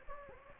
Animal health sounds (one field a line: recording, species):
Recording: mosquito wingbeat signal from an infrared sensor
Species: Anopheles gambiae